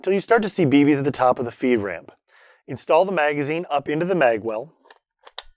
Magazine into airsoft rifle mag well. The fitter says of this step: you hear an audible click the magazine should not fall out once properly seated